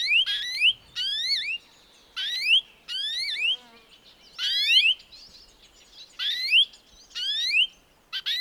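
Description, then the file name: European greenfinch calls: a series of several rising, harmonic-rich nasal notes, some closely spaced. "Chloris chloris"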